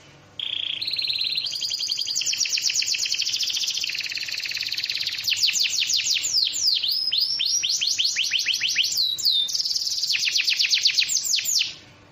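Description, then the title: Bird song, high and dense: stepped whistled notes at the start, then fast buzzy trills and rapid downward-sweeping notes, continuous for about eleven seconds. Compilation ('masteran') of bird songs. "Masteran burung terlengkap"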